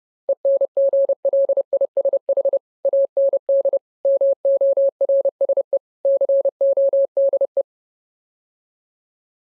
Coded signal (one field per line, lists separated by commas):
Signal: Morse code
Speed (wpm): 30 wpm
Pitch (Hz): 550 Hz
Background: none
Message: ENGLISH AND MORSE CODE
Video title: English or Morse Code